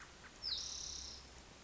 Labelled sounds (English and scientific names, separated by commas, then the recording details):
Spotted Towhee (Pipilo maculatus)
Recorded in Sonoma County, California